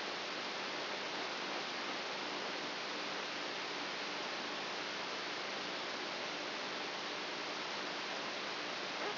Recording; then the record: brain microelectrode recording played as sound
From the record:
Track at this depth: outside the subthalamic nucleus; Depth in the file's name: 6.24 mm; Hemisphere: right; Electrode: 2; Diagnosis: Parkinson's disease